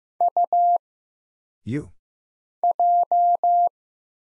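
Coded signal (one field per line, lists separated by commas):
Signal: Morse code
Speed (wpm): 15 wpm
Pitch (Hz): 700 Hz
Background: none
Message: U J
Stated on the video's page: Single-character Morse drill at 15 wpm of letters, numbers, punctuation and prosigns for instant character recognition, each sent, spoken, then sent again.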